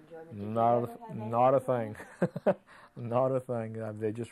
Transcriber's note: chuckles